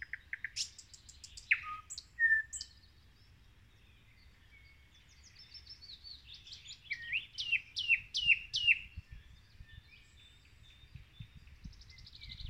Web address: rossignol ordinaire chant du rossignol